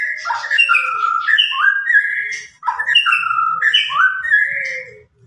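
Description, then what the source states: White-rumped shama song: rich, fluty whistled phrases sliding up and down, the same melodic phrase delivered twice with a brief pause between, over a faint low rumble. Lure song meant to make the bird respond; the bird is described as gacor, singing constantly and energetically.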